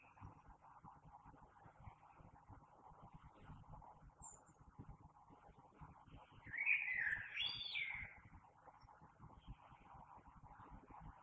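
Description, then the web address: Common blackbird song: one brief mellow warbled phrase partway through, otherwise a constant low background hum. Recorded 3 March 2020. "oiseaux Merle 2020 03 03"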